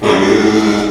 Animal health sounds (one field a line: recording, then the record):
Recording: squeal of a Yucatan mini pig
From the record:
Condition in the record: after surgery on the right vocal fold (resection and tissue-engineered implant)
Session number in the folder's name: 2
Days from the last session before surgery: 13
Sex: male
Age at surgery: 12 weeks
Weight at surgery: 13 kg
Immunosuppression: cyclosporine, prednisolone